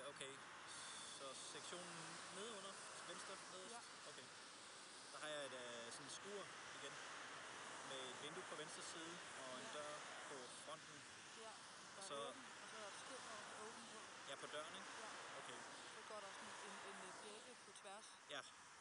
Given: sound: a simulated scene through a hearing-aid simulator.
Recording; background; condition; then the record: conversation; traffic; 0 dB SNR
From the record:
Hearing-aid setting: II (fast-acting compression, audibility-based gain, advanced features for about 2.5 dB of SNR improvement); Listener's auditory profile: A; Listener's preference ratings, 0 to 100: 22, 57, 18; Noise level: 75 dB SPL